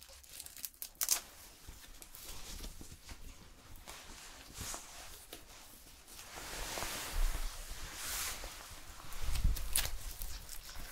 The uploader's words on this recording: ASMR Hair Salon Haircut, Perm, Shampoo WLayered Sounds (No Talking).